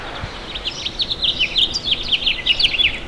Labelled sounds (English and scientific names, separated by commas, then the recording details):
House Finch (Haemorhous mexicanus) song
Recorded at Babylon on Long Island, New York, on 18 May 2013
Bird A